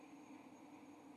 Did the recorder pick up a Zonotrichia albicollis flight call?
no